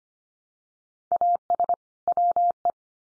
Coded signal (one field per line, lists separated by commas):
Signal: Morse code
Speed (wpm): 25 wpm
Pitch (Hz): 700 Hz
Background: none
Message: AS WE